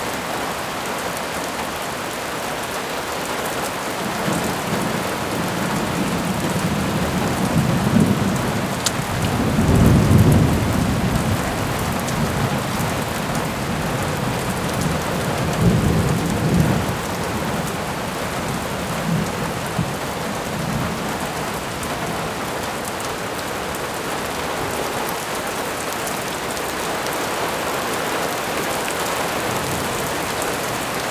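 Steady rain falls in a dense, even hiss across the whole stretch, with fine patter. A low rumbling swell builds around ten seconds and again near sixteen, like thunder, before the downpour settles back to its constant wash.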